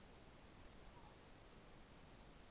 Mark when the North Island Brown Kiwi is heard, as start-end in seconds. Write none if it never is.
none